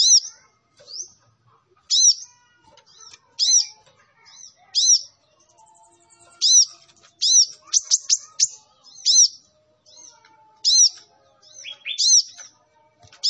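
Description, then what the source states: Sunbird song of loud high chirps in spaced bursts, with a quick run of rapid notes near the middle and quieter twitters between. Indonesian training (masteran) song of a Kolibri Ninja singing energetically (gacor), with full fills (isian) and 'tembakan' bursts; meant as a lure for other birds.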